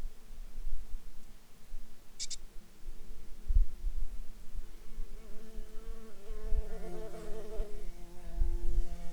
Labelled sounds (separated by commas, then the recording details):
bird, insects
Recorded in Ivvavik National Park, Yukon, on 1 July 2019 at 11:17
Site SINP09